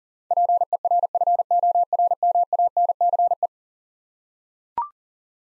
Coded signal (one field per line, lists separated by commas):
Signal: Morse code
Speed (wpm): 40 wpm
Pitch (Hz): 700 Hz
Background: none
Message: PERFORMANCE